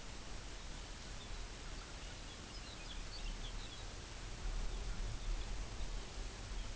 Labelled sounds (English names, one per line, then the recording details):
Lapland Longspur
unidentified sound
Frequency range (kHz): Lapland Longspur 1.9-5.8 kHz
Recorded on Arctic tundra, site UTQI-5, on 24 June 2018
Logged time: 12:00